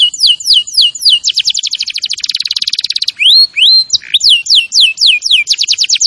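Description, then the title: Canary singing: spaced descending chirps, a fast rattling trill, rising whistles and more swept notes, ending in a quick trill. Canary singing vigorously (gacor). "Kenari Gacor"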